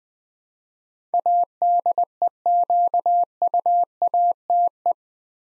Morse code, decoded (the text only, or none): ADEQUATE